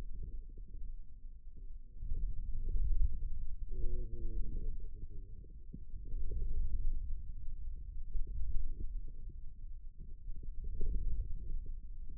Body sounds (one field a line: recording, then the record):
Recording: forearm muscle sounds (acoustic myography)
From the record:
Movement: wrist extension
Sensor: system 2, bracelet of six BSWA MPA416 microphones around the upper forearm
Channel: 4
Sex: male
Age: 22 years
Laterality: right